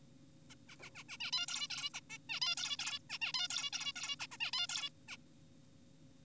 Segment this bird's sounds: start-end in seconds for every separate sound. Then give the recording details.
0.50-0.55, 0.69-0.76, 0.82-0.90, 0.95-1.04, 1.09-1.17, 1.20-1.31, 1.33-1.46, 1.48-1.68, 1.70-1.90, 1.94-2.00, 2.10-2.18, 2.30-2.40, 2.42-2.55, 2.57-2.77, 2.79-2.99, 3.10-3.18, 3.22-3.32, 3.34-3.48, 3.50-3.70, 3.73-3.93, 3.96-4.16, 4.20-4.27, 4.32-4.37, 4.40-4.51, 4.53-4.67, 4.69-4.90, 5.08-5.17. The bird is an adult. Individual g4p5U